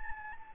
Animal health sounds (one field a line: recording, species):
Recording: mosquito wingbeat signal from an infrared sensor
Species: Anopheles gambiae